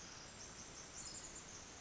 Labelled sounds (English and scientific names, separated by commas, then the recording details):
Pacific Wren (Troglodytes pacificus)
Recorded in Sonoma County, California